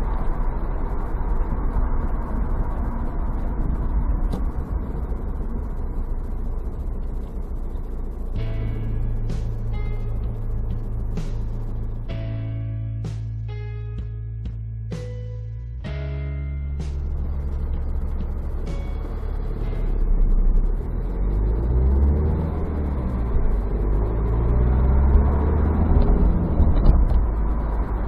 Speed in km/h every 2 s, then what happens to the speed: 42, 37, 28, 3, 3, 0, 0, 0, 0, 0, 0, 15, 27, 27.
0-5 brakes to 3. 5-10 steady at about 3. 10-20 standing. 20-24 pulls away to 27.